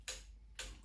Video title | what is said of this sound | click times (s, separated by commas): Let’s Build An LS Short Block Part 1 | so basically pull it until it clicks | 0.1 s